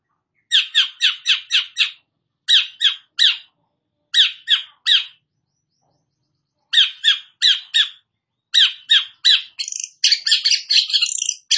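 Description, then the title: Long-tailed shrike song: short bursts of rapid, rasping repeated notes in groups, separated by pauses, ending in a dense harsh chatter. Described as gacor, singing actively. "Cendet Gacor"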